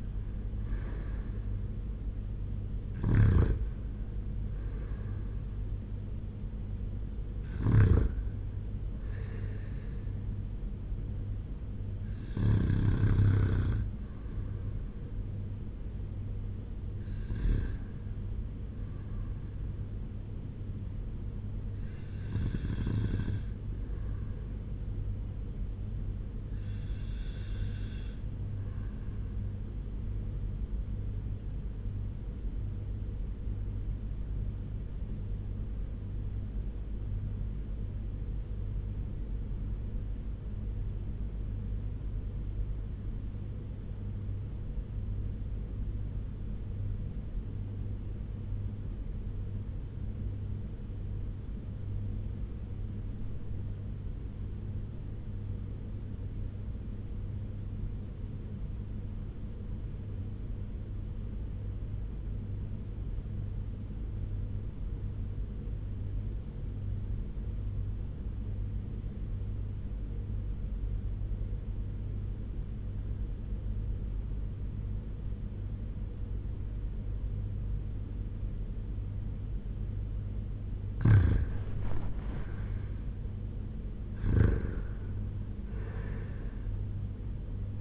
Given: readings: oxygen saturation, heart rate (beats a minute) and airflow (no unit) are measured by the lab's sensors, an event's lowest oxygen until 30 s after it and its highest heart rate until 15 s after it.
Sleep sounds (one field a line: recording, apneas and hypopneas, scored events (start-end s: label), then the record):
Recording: breathing in sleep by a smartphone at the bedside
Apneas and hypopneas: 1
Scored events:
36.00-80.70 s: obstructive apnea (REM, oxygen 97% highest, then 83% lowest)
From the record:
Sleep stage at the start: REM sleep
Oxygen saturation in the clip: 82 to 98%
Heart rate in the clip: 79 to 94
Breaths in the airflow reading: 10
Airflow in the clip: -8.0 to 6.1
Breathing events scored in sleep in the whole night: 201 in 6.5 hours asleep